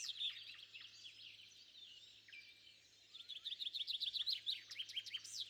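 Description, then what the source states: Bird calls: high chirps and whistles, with a rapid run of repeated notes near the end over a constant low hum. Bird calls recorded at sunrise.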